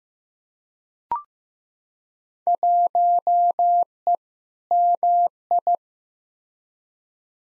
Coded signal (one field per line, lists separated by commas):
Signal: Morse code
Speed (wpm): 15 wpm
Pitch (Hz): 700 Hz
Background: none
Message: 1E MI